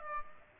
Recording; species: mosquito wingbeat signal from an infrared sensor; Aedes aegypti